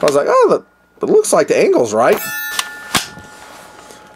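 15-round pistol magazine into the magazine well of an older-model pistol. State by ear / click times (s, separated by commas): not seated / none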